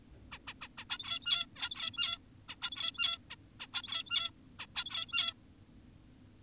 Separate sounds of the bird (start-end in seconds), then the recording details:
0.32-0.38, 0.48-0.54, 0.62-0.68, 0.78-0.85, 0.90-1.46, 1.56-2.18, 2.49-2.56, 2.62-3.18, 3.30-3.36, 3.60-3.67, 3.74-4.31, 4.59-4.66, 4.76-5.34. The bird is an adult. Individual g17y2U